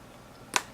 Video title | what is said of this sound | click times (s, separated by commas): Sephora (JC Penney) Haul May 2017 becasue it's my Sister's Birthday month | Like, can you guys hear that clicking? | 0.6 s